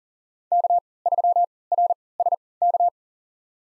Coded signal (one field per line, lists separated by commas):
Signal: Morse code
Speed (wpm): 40 wpm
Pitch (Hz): 700 Hz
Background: none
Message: K3RSK